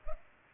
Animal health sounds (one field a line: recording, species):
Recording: mosquito wingbeat signal from an infrared sensor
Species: Culex pipiens